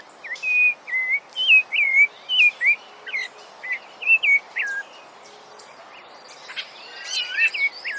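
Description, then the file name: Rufous-bellied thrush song: quick series of sweet whistled phrases with bending pitch, a pause, then softer, busier notes. "sabia laranjeira"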